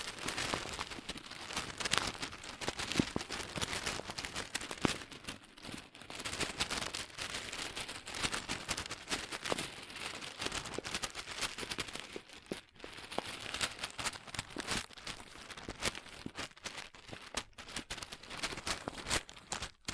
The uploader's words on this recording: ASMR Satisfying Crunchy Slime (No Talking).